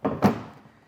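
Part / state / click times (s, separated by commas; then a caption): cargo box lid latch into its catch on the box base / seated / 0.1 s. The plastic lid of a Yakima SkyBox NX 16 rooftop cargo box on a 2020 Toyota Highlander is pressed down until its latch engages the catch on the box base with a sharp click at 0.1 s, followed by a louder, deeper thunk around 0.3 s that fades out. The latch lever now covers most of the red indicator line, showing the lid is fully closed so the key can be removed.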